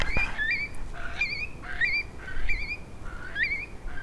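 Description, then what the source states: Eurasian curlew giving repeated rising, liquid, bubbling notes, with a low background rumble. Recorded in the Yorkshire Dales.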